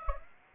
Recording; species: mosquito wingbeat signal from an infrared sensor; Aedes aegypti